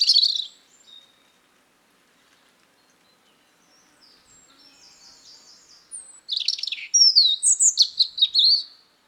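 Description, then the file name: European robin singing a short high phrase, a long near-silent gap with faint twitters, then a loud run of quick varied notes, slurs and trills. "Erithacus rubecula"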